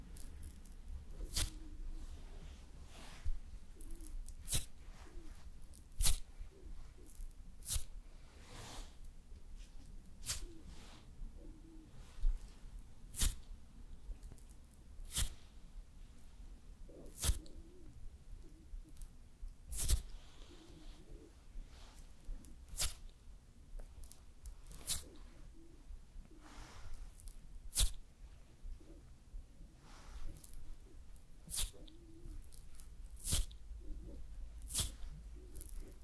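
Sounds of makeup and hair styling: sharp clicks and taps land irregularly, about once a second, over a low steady hum. Soft brushing, rustling and faint murmuring fill the gaps between the taps.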